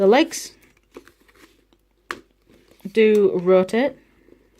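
Someone talks while rotating the plastic leg of a Jurassic World Legacy Collection Extreme Chompin' Spinosaurus action figure on its ratcheting hip joint. Faint handling ticks and one sharp tap near 2.1 s are heard between the speech. Nothing has seated or clicked into position yet.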